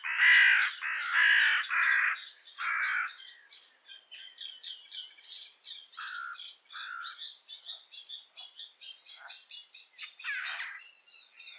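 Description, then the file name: Carrion crow gives three or four harsh caws at the start, followed by a busy chatter of softer, higher bird notes. "Corvus corone"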